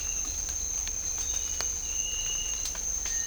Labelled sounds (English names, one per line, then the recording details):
none
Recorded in dense forest near Puerto Asís, Putumayo, Colombia, on 20 December 2024 at 06:30
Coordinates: 0.499, -76.324
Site G045